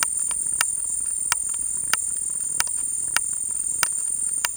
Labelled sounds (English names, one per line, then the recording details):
none
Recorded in secondary vegetation near Puerto Asís, Putumayo, Colombia, on 22 December 2024 at 15:30
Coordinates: 0.484, -76.319
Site GP06